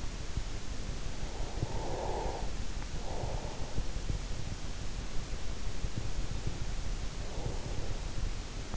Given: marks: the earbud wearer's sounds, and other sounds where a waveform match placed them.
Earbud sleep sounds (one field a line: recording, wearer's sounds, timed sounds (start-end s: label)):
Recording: sounds in sleep by an in-ear microphone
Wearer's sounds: breath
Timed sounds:
1.45-4.03 s: breath
7.03-8.37 s: breath